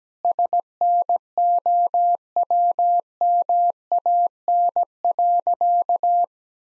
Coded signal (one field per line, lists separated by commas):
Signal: Morse code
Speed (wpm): 17 wpm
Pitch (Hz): 700 Hz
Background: none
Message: SNOWMAN.